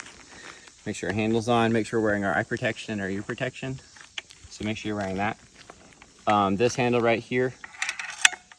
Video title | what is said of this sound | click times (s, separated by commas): Coble Fire Line Launcher How-To Training | Pull all the all the way back till you hear a click. And now we're ready to go. | 8.2 s